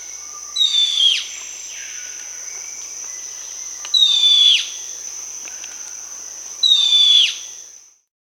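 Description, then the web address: Plain-brown woodcreeper calling with a squeaky, descending slurred note repeated three times about every three seconds, over a continuous high-pitched insect drone. Recorded in the Amazon region of Peru. "Natures Songs S America Birds of the Amazon 2. Plain-brown Woodcreeper (Dendrocincla fuliginosa), Peru"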